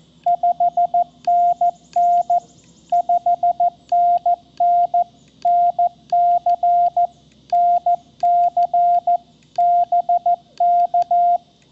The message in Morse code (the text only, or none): 5NN 5NN NC NC BK